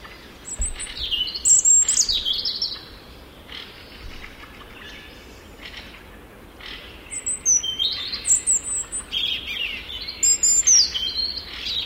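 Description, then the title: European robin singing varied high phrases of thin whistles and twittering, in bursts separated by short pauses. "Viikon luontoääni: Punarinta"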